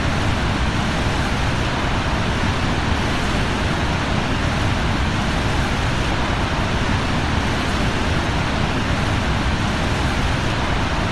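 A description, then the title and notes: A waterfall roars without pause, a thick, even wall of rushing water with a deep, churning rumble at the bottom. The sound stays dense and unchanging from start to finish, loud, with a hiss spreading up through the highs. Waterfall Sounds | Niagara Falls. I am immediately enveloped by the thunderous roar of the cascading water. The constant rush of water creates a deep bass rumble that reverberates through my entire body. The mist rising from the falls adds a gentle, sizzling sound to the mix.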